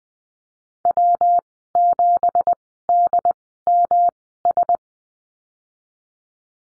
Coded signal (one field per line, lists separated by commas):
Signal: Morse code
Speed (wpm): 20 wpm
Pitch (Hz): 700 Hz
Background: none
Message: W7DMS